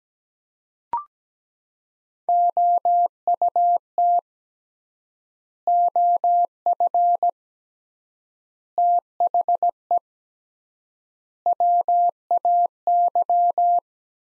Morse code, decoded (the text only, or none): OUT OF THE WAY